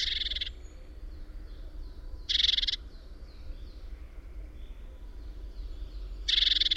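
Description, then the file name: Great tit churring calls: three harsh, buzzy bursts at uneven intervals, with faint high thin notes between them over a low hum. "Parus major"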